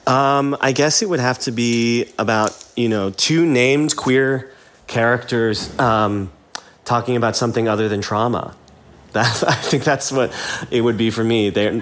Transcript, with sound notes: I guess it would have to be about, you know, two named queer characters talking about something other than trauma. That's (laughter) - I think that's what it would be for me.